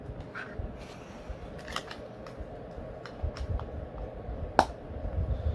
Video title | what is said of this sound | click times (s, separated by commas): MOTU Origins Wave 2 Orko and Scare Glow Unboxings | there you go | 4.6 s